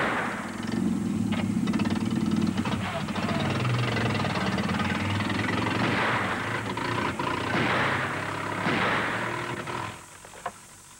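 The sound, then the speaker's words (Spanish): An old car engine, the car parked in front of a house, chugs and rattles with a rough, knocking rumble, running steadily and loudly for about ten seconds before it abruptly cuts out. “¿A dónde va con el coche?”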